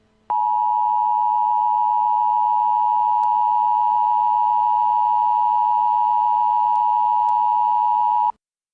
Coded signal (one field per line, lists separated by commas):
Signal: Emergency Alert System (SAME) tones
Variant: 853 and 960 Hz attention tone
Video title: Eas Scenario: Shadow demons 3 Rebellion